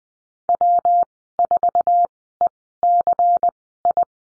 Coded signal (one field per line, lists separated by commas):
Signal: Morse code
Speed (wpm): 20 wpm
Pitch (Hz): 700 Hz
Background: none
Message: W4ECI